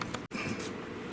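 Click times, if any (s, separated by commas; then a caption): none. Someone works the aluminum leg tube of a shower chair so the spring push button will catch in its adjustment hole, producing two brief sharp ticks near 0.0 and 0.2 seconds, then steady low handling rumble and scraping, with a louder bright burst at the very end. The push button has not popped through its hole yet, so nothing has seated or clicked.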